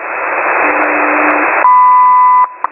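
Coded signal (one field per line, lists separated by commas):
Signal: radio time signal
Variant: WWV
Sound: shortwave hiss, then one steady high beep about 0.8 s, then a faint tick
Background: radio static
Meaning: The long 1000 Hz tone marks the start of a new minute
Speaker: At the tone, 17 hours, 49 minutes, Coordinated Universal Time.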